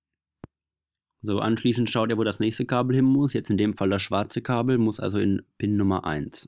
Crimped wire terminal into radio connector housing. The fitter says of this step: seht ihr jetzt hier nicht so gut aber dies sind durchnummeriert und steckt den rein bis er einrastet so